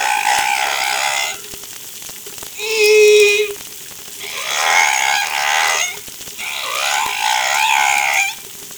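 Whale song: four bursts of harmonic, wavering moans and cries, each lasting one to two seconds, separated by short pauses, over a constant low tone.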